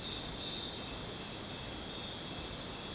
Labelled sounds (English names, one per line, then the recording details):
none
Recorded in dense forest near Puerto Asís, Putumayo, Colombia, on 19 June 2025 at 21:00
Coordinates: 0.484, -76.317
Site G045